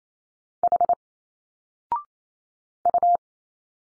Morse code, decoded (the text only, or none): H U